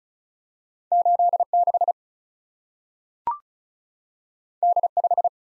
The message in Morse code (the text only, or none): 86 D5